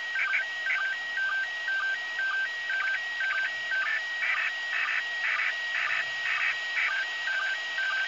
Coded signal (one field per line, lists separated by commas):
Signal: SSTV (slow-scan television)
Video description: Receiving SSTV images from ISS during the event of "Expedition 59 - ARISS Series 13"